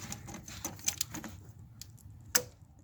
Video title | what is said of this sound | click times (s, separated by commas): 2011 CHEVY TRAVERSE 3.6L SPARK PLUG + IGNITION COILS JOB - DIY HELP - VERY DETAILED TUTORIAL REPAIR | and you hear it snap in that's the sound you want to hear | 2.4 s